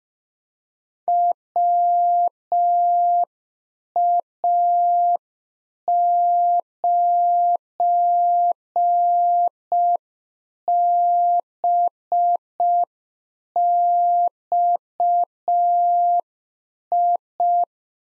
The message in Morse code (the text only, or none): WA9BXI